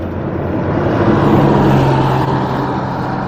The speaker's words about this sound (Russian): Автобус подходит.